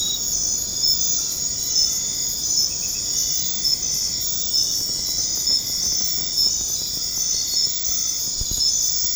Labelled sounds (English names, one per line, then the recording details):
none
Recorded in dense forest near Puerto Asís, Putumayo, Colombia, on 4 March 2025 at 22:30
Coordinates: 0.500, -76.322
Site GP06